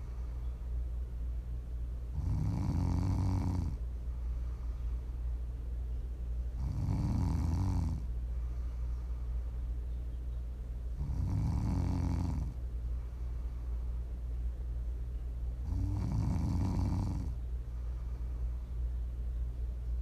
Prime ASMR snoring.